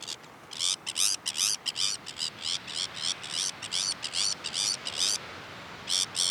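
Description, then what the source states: Sabine's gull giving rapid, harsh, grating calls in a fast, uneven series of buzzy notes, with a brief pause before the final pair. Recorded on Jan Mayen, 14 July 2024.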